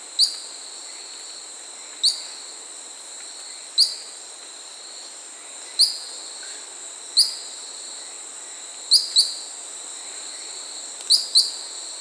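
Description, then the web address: Short-tailed pygmy-tyrant giving high, sharp chip notes about every one to two seconds, some doubled, against a continuous shrill background drone. Peru, Amazon. "Birds of the Amazon 3. Short-tailed Pygmy-Tyrant (Myiornis ecaudatus), Peru"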